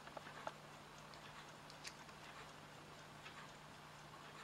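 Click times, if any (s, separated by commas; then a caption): none. A precision screwdriver bit is being handled near the magnetic socket of a JAKEMY JM-8101 screwdriver handle, with a few light ticks and taps over a low steady hum. Nothing has seated or clicked yet; the bit is not yet home in the handle.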